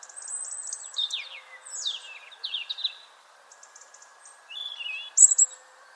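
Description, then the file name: European robin song: high sliding whistles and descending warbles, a quiet stretch, then a final bright squeaky burst; low hiss behind. "Erithacus rubecula"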